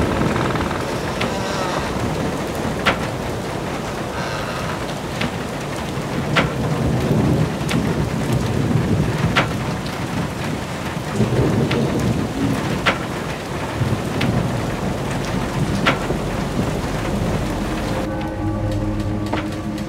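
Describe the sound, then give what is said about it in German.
A thunderstorm with heavy rain hissing steadily throughout, deep rolling rumbles of thunder swelling and fading underneath, and scattered sharp cracks punctuating the downpour. No one speaks. “Kann ihn der Sturm nicht endlich wegreißen?”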